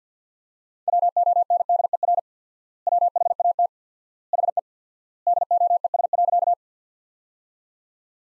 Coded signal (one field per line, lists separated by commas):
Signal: Morse code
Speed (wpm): 50 wpm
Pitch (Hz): 700 Hz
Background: none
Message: WONDER WHAT HE DOES.